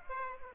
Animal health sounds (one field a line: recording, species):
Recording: mosquito wingbeat signal from an infrared sensor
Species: Aedes aegypti